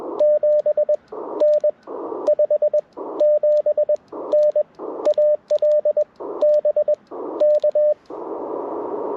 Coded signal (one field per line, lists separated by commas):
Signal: Morse code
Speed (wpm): 21 wpm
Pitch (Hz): 600 Hz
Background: radio noise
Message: 7N 57N AL BK